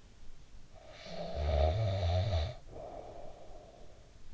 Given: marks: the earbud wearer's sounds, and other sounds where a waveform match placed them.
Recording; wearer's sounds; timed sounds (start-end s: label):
sounds in sleep by an in-ear microphone; snoring breath
0.40-4.32 s: snoring breath